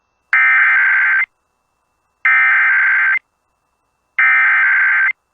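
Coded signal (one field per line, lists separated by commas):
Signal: Emergency Alert System (SAME) tones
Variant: header bursts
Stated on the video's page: Winter Storm Warning SAME header from NOAA Weather Radio WXJ25 as relayed by KINY.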